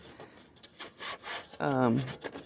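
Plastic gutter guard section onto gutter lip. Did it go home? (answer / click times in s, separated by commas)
no / none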